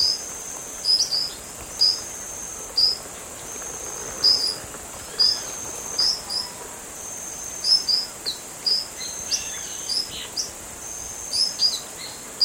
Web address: Natures Songs S America Eastern Lowlands 110 Dusky-billed Parrotlet